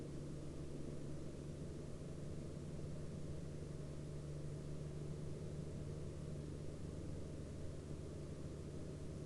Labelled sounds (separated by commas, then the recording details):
aircraft
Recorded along the Dempster Highway, Canada, on 14 October 2019 at 20:03
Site 13